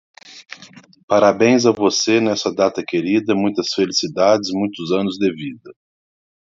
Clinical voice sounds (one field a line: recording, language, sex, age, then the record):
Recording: short text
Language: Brazilian Portuguese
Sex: male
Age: 40 to 49 years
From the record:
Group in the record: control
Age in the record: 49 years